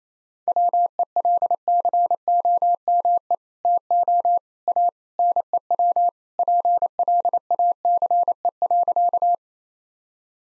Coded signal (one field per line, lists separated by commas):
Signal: Morse code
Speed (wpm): 28 wpm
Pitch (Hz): 700 Hz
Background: none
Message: WELCOME TO A NEW PLACE.